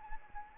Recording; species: mosquito wingbeat signal from an infrared sensor; Anopheles gambiae